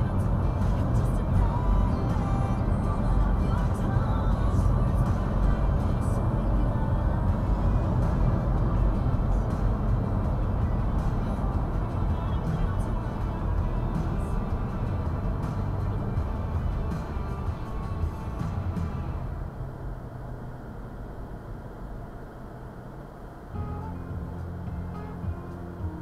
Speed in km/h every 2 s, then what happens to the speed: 105, 105, 103, 103, 100, 95, 87, 74, 60, 50, 40, 29, 23.
0-7 steady at about 103. 7-26 brakes to 23.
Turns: none.